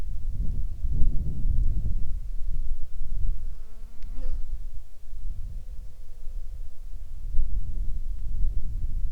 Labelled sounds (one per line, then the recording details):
wind
insects
man-made sound
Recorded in the Arctic National Wildlife Refuge, Alaska, on 21 July 2019 at 13:48
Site 38